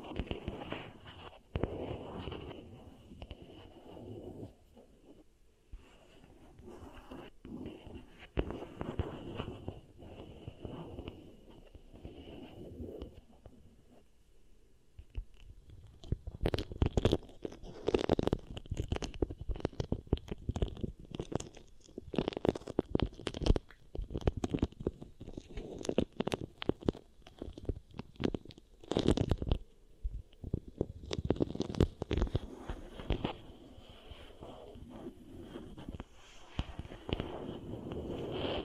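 Beeswax being worked against the ear makes dense, crackly squishing and sticky rubbing sounds. The first fifteen seconds are softer and more muffled. After that the crackling grows louder and sharper, with quick snapping bursts and a faint steady high whine underneath.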